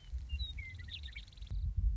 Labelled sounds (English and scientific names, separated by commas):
Western Meadowlark (Sturnella neglecta)